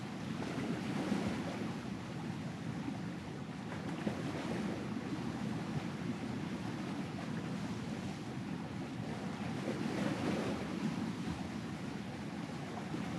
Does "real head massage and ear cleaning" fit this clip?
no